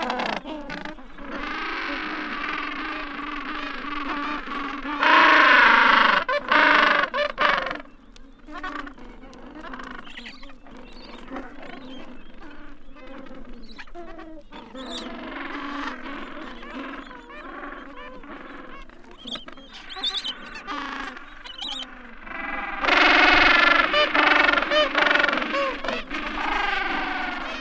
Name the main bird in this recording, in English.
Gentoo Penguin